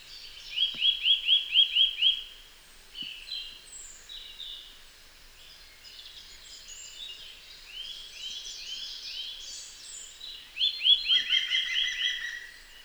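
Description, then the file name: Eurasian nuthatch giving two fast runs of repeated whistled notes, one at the start and one near the end, with softer calls in between. "Sitta europaea"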